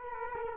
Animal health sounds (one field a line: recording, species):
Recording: mosquito wingbeat signal from an infrared sensor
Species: Culex quinquefasciatus